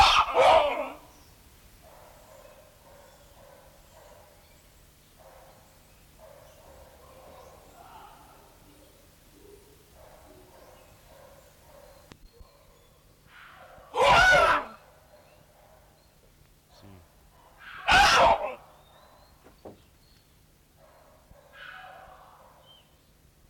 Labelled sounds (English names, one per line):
Gelada